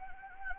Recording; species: mosquito wingbeat signal from an infrared sensor; Anopheles gambiae